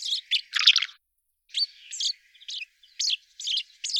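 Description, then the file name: Common chaffinch giving short clipped chirps and brief phrases separated by small gaps, high and bright, with a louder burst near the start. Recorded at Kroondomein on 6 March 2022 at 09:57. "Vink Kroondomein 6 maart 2022 09 uur 57"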